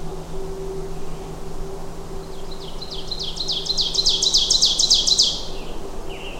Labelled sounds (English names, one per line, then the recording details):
Ovenbird song
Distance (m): 15 m
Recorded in boreal forest in Alberta, Canada, on 21 June 2016 at 08:10
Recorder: SongMeter 3, array SBT-6-76
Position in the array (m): 308 m, 94 m
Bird 1